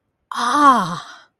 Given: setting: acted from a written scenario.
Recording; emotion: vocal sound without words; positive surprise